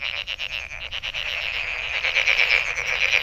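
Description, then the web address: Frogs trilling in rapid pulses, a steady rattling chorus. Recorded 23 May 2008. "misc sound frog frog 20080523-0442"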